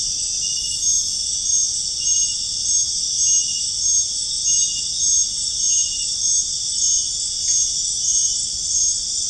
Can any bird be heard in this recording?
no